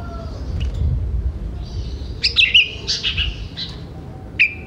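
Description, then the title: Sooty-headed bulbul song: short bubbly, chirpy phrases in the middle and at the end, over a steady low rumble. "Kutilang"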